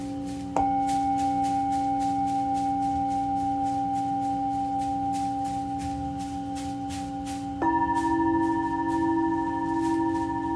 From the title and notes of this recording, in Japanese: メキシコから シンギングボウルのサウンドヒーリング。